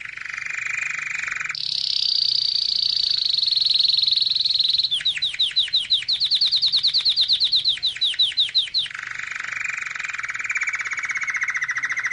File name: Canary Voice